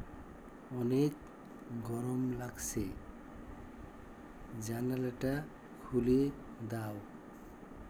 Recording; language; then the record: elicited speech; Bengali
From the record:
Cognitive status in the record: dementia